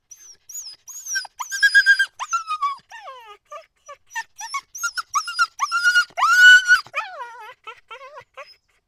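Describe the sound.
Dog yelping: many sharp high yelps and drawn-out whining cries, some wavering, in rapid bursts throughout.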